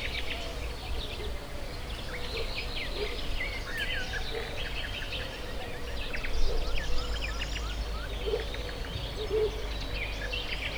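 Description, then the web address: Birds: bird calls crowd together in a lively chorus of chirps and trills, with a continuous low rumble underneath throughout. Hortobágy fishponds, Hungary, 2014; at the inner terminal station of the narrow-gauge railway; diverse birdlife. "hanggyujtemeny kisvasut hortobagyihalastavak 2014 termeszet sokszinumadarvilag belsovegallomas"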